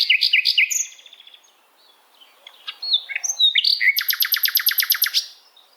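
Bird song opening with a few quick downslurred notes, a quiet pause with soft chips, then a fast, regular trill of bright repeated notes.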